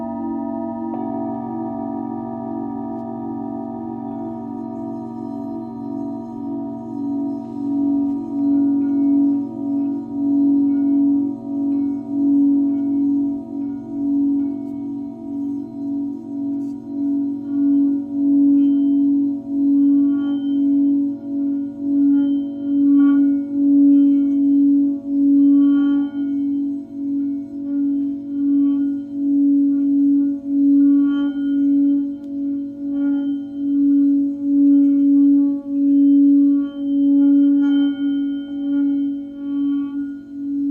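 A singing bowl rings with a steady low hum that holds for the whole stretch, pulsing gently in a slow wavering beat. Its loudness swells after the first few seconds and stays full, with faint higher overtones flickering above the tone.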